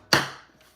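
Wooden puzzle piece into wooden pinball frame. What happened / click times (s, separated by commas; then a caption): The wooden part snapped into its slot / 0.1 s. A wooden puzzle piece from a ROKR Pinball Machine Wooden Puzzle kit is pressed into its mating slot in the wooden pinball frame. It snaps in with one sharp wooden click at 0.1 s that rings briefly and fades within about a third of a second. The part is seated.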